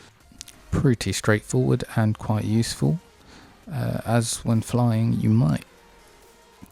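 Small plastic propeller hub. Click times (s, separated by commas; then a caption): 0.4 s. A quick-release propeller is pushed down onto the motor mount of a DJI Air 2S drone and rotated while the motor is held still so it doesn't just spin. A sharp click at 0.4 s shows the propeller seating into place, followed by someone talking.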